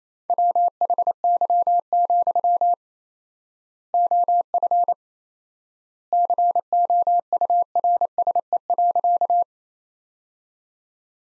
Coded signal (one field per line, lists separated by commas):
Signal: Morse code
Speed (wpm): 28 wpm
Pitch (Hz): 700 Hz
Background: none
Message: WHY, OF COURSE.